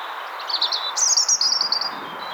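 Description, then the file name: European robin song: a rapid, high, rippling trill with fluttering notes, over a steady background hiss. "Erithacus rubecula"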